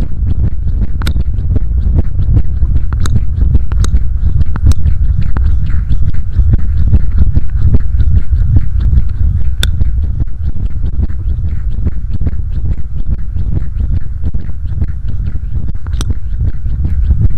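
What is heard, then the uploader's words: Close mouth sounds: a dense, continuous run of wet chewing and smacking with a heavy low rumble throughout. Sharp bright clicks pop out now and then, near 1, 3, 4, 10 and 16 seconds, over a steady, unchanging level. ASMR Close Mouth Sounds.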